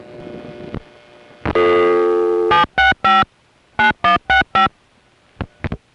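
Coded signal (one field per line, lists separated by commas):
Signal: DTMF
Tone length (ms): 130 ms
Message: 765 9165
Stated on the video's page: Recorded on the old telephone network at a #5 Crossbar exchange in Van Nuys.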